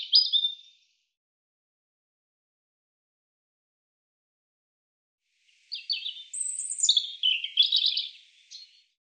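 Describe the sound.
European robin song: a short high warble, a long silence, then a longer phrase of shrill whistles and jumbled twittering notes.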